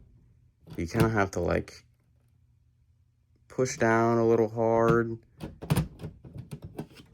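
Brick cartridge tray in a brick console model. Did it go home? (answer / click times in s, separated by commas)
released / 5.7 s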